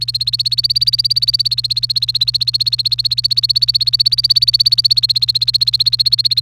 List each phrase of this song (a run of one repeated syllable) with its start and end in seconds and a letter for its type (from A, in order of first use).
0.00-6.42 A